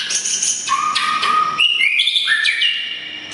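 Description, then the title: Oriental magpie-robin delivering a whistled song of sustained notes that step up and down in pitch. "kacer"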